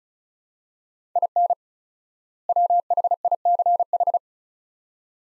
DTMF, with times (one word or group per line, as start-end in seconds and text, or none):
none